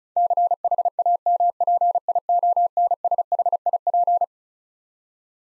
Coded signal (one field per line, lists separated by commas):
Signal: Morse code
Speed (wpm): 36 wpm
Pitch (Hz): 700 Hz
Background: none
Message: CHAMPIONSHIP